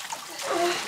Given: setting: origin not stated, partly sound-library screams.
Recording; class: one-second piece from a danger detection set; woman in danger